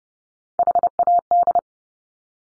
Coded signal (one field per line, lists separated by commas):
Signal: Morse code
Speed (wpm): 30 wpm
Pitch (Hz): 700 Hz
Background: none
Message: HAD